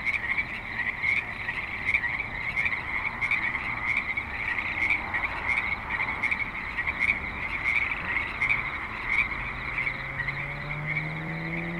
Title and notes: Frogs in Spanish Springs, NV - creek view. Frogs with light traffic and other suburban sounds